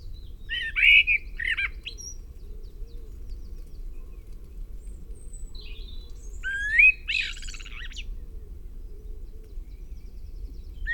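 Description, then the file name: Common blackbird producing two brief fluted warbles separated by a long quiet gap, the second ending in a scratchy high chatter, over steady low background noise. "Turdus merula"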